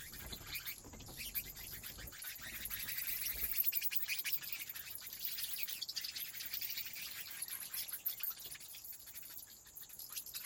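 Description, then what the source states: Bat wing flaps, dense and fast, forming a continuous rustling flutter, with a steady high hiss behind. Wing flaps of bats in a cave habitat.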